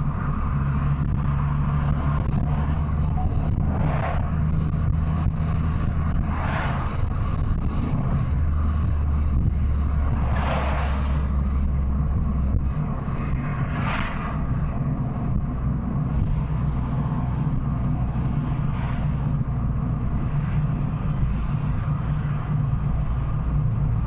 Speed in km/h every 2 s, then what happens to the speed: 86, 89, 93, 92, 82, 78, 74, 70, 68, 66, 65, 64.
0-6 speeds up to 92. 6-15 slows to 68. 15-24 steady at about 65.